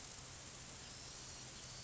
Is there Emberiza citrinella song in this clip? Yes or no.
no